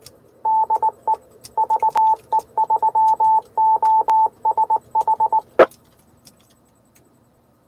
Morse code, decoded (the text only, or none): DE VE3OSH